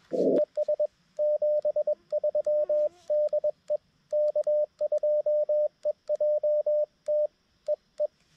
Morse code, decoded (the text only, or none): ES 73 DE K2EJT EE